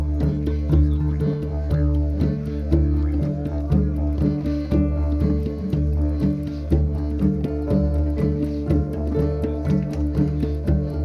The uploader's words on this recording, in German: Ohrenblick: Harfe, Hang und Didgeridoo. Aufgenommen mit einem 3D-Mikrofon. Um die Feuerschale sitzen eine Harfe, ein Hang und ein Didgeridoo. Im Hintergrund hört man das Hämmern der Schmiede.